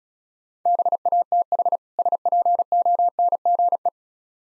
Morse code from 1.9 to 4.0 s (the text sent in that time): SPONGE